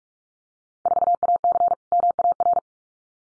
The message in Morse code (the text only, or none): 4AC MAR